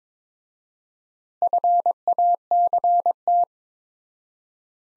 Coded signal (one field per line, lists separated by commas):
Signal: Morse code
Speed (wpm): 22 wpm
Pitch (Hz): 700 Hz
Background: none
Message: FACT